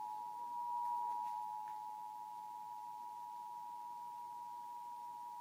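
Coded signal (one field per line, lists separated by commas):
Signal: Emergency Alert System (SAME) tones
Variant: 853 and 960 Hz attention tone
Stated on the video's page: EAS alert for the State of Oregon, received on five different channels.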